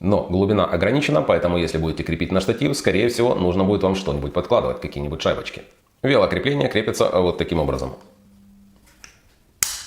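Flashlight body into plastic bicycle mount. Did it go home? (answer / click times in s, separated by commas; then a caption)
yes / 9.6 s. Someone talks, then a Wuben X1 Pro flashlight is slid onto a plastic bicycle handlebar mount in near silence, with a faint tap at 9.0 s. A sharp, loud click at 9.6 s marks it snapping into place, and the flashlight is secured in the mount.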